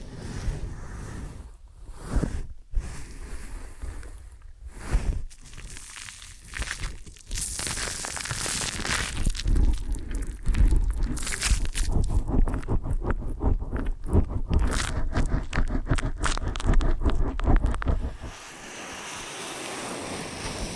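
Ear and scalp massage with dense rubbing and scratching that swells after seven seconds into rapid crackling strokes, then softens to a quieter hiss.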